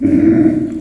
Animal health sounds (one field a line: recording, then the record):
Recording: squeal of a Yucatan mini pig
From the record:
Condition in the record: after surgery on the right vocal fold (resection and tissue-engineered implant)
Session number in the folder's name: 4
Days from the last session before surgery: 26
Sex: female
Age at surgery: 19 weeks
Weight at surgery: 25 kg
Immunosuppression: prednisolone